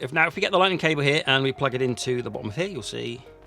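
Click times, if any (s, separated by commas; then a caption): none. A Lightning charging cable is being handled to plug into the port at the bottom of a mobile phone game controller, while someone talks over background music. The clip ends before the plug goes home, so nothing has seated or clicked yet.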